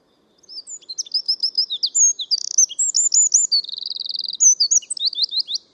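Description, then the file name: Eurasian wren song: a rapid, very high outpouring of sharp twittering notes and quick trills, with a dense buzzy rattle near the middle. "Troglodytes troglodytes"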